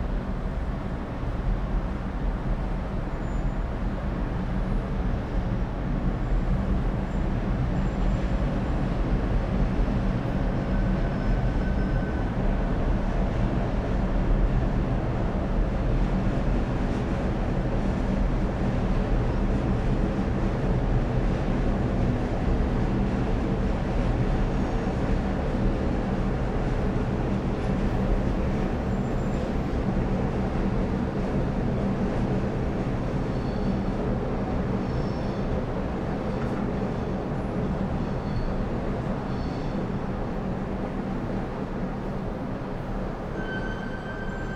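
Melbourne's Docklands in the early evening, heard from 29 floors up, comes across as a steady, dense city rumble. Deep traffic and rail-like drone holds level for the whole clip. Faint brief tones and small clinks surface now and then above it.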